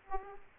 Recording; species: mosquito wingbeat signal from an infrared sensor; Aedes aegypti